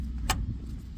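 A black plastic electrical connector, lined up by its tabs, is pushed into the openings on a Chevy 4L60E transmission during a transmission fluid change. A single sharp, short click is heard at 0.3 s over a steady low rumble. The connector is seated, and a check afterward confirms it.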